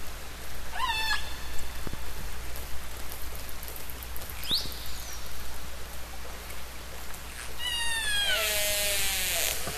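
Killer whale calls: a harmonic call, a steep upward glide, and a longer descending harmonic call at the end, over constant water noise and low hum.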